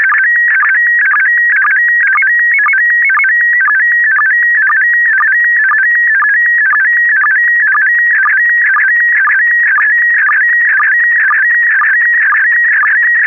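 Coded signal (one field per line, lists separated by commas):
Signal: SSTV (slow-scan television)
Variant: PD120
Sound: warbling, buzzy tone shifting in pitch with a regular low blip about twice a second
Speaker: this is going out PD 120.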